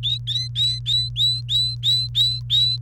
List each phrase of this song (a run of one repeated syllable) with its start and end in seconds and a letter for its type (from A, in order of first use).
0.03-2.77 A